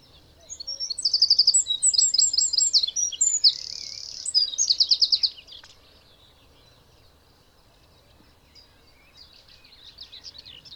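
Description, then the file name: Eurasian wren delivering a brisk, shrill song of trills and a buzzy middle section for about five seconds, followed by quiet and a faint burst near the end. "Troglodytes troglodytes"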